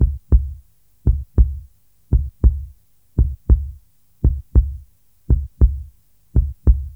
Human heartbeat 58 bpm.